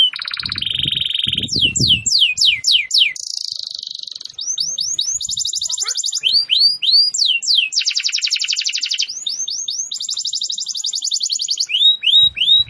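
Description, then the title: Canary singing continuously, switching between buzzy rolls, quick sliding whistles repeated several times a second and long rattling trills; faint low knocks at the start and end. Described as 'gacor', i.e. singing vigorously. "Kenari Gacor"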